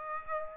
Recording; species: mosquito wingbeat signal from an infrared sensor; Aedes aegypti